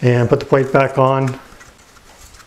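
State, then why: Not seated. After the battery connectors are joined on an APC SURTA2200XL online uninterruptible power supply, its plastic front cover plate is handled to be pushed back on. Someone talks for about the first 1.4 seconds, then only faint low handling noise remains. Nothing has seated or clicked yet.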